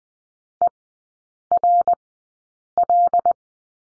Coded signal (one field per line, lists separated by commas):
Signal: Morse code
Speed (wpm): 20 wpm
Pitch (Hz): 700 Hz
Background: none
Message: ERL